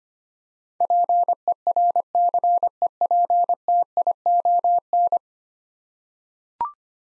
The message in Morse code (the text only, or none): PERCEPTION